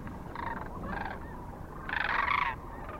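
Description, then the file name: Sandhill crane calls, short rattling notes followed by a louder, longer harsh rolling burst. Kearney, Nebraska, 9 March 2004. "2004-03-09 SACRandmore C Kearney NE"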